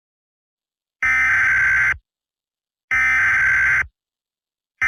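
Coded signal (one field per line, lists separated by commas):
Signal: Emergency Alert System (SAME) tones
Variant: header bursts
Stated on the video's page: Simulated EAS scenario.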